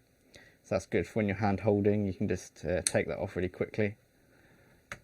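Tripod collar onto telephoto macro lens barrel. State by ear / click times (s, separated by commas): seated / 4.9 s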